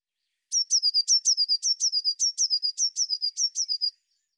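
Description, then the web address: Eurasian blue tit call: a rapid series of many high, slightly descending churring notes, with no other sounds. "cianscape birddata Deverinetal 2025 File cleaned normalized Bird Cy Ca"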